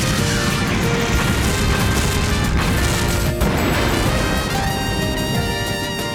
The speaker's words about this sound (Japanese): こんなところで爆発なんかさせるな。